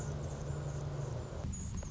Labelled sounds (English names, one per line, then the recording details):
Anna's Hummingbird
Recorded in Sonoma County, California